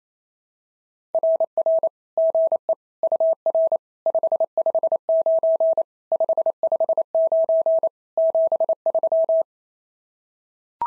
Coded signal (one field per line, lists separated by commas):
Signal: Morse code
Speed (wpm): 26 wpm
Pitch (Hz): 650 Hz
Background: none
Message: RR GE UR 559 559 73